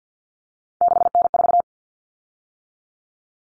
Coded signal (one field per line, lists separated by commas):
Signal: Morse code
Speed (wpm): 50 wpm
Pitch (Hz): 700 Hz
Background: none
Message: 6N4